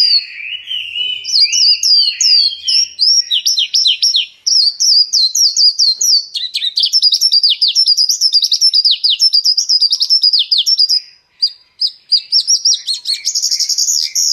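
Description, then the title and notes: Bird song, long and rapid, high sweeping chirps and trills in dense runs broken by a couple of short pauses, ending in buzzy high trills. Bird song meant for training pet birds to master songs. "Suara Burung. Suara Kicauan Burung untuk memaster burung kesayangan"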